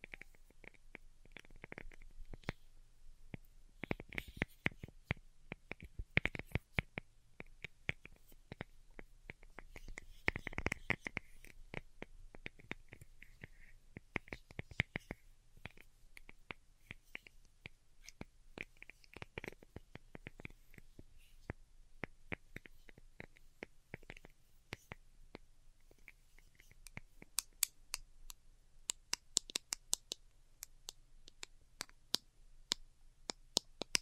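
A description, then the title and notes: Delicate tapping goes on for the whole stretch, with quick, irregular clicks, sometimes in dense flurries and sometimes spaced apart. Some taps are sharp and bright, others softer. A low, steady hum sits underneath, and the last several seconds bring a few louder, crisper taps. ASMR DELICATE Tapping for Sleep (No Talking).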